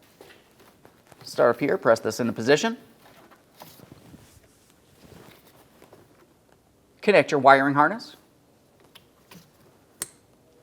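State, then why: Seated. A wiring harness connector is pushed onto the vapor canister purge solenoid valve of a 2006-2012 Ford Fusion, following earlier pressing of a part into position. Someone talks in two bursts, with faint handling sounds between them. A sharp click at 10.0 s marks the connector seating.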